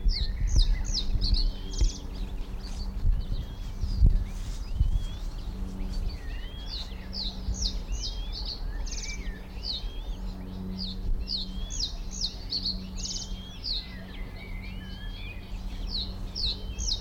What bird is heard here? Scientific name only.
Emberiza schoeniclus